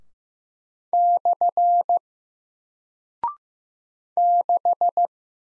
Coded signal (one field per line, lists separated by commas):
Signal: Morse code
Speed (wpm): 15 wpm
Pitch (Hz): 700 Hz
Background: none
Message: / 6